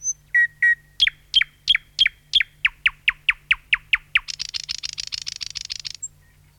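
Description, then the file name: Thrush nightingale song with a few lower slurred notes, then a loud whipping phrase repeated many times, ending in a rapid buzzy rattle. "satakieli"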